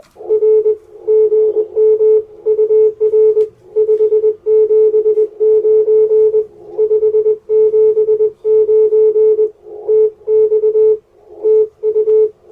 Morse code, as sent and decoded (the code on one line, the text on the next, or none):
.-. / --. -- ..- .-. / ..... --... ----. / ..... --... ----. / - -..- / - ..-
R GMUR 579 579 TX TU